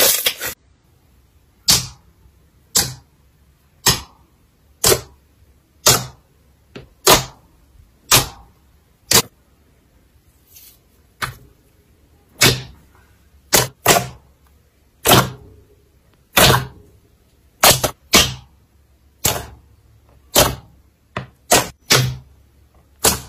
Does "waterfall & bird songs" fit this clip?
no